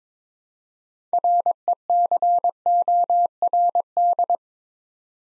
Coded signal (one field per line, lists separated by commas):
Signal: Morse code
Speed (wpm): 22 wpm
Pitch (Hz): 700 Hz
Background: none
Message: RECORD